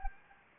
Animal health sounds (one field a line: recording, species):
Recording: mosquito wingbeat signal from an infrared sensor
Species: Anopheles gambiae